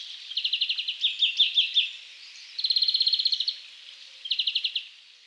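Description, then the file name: European greenfinch giving short rattling trills and a few twittered notes, separated by brief pauses. "Chloris chloris"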